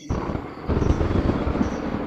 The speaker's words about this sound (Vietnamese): Bỗng dưng ở trên trời sấm chớp đì đùng.